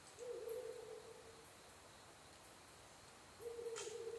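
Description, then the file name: Ural Owl giving deep, even hoots, one lasting over a second, then a pause of about two seconds before the next begins, with soft high ticks in the background. Recorded 23 October 2011 at 17:20. "fukurou yamakoumori-20111023-1720"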